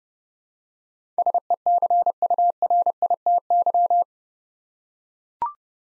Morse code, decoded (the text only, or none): SECURITY